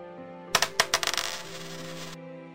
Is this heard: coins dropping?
yes